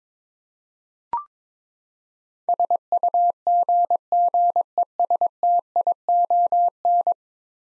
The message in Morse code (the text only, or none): SUGGESTION